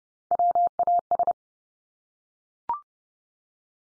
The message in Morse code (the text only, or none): WAS